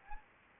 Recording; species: mosquito wingbeat signal from an infrared sensor; Anopheles arabiensis